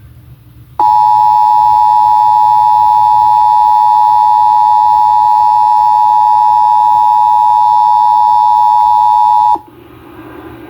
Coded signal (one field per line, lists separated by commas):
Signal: Emergency Alert System (SAME) tones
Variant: 853 and 960 Hz attention tone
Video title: Maryland Required Monthly Test on Multiple stations (EAS #785-790)